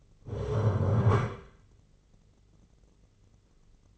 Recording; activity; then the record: daily activity, microphone in the room; stand up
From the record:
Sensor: 4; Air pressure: 996.8 hPa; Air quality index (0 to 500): 240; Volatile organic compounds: 333 ppm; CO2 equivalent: 4550 ppm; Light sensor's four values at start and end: 44/108/44/44 and 44/108/44/44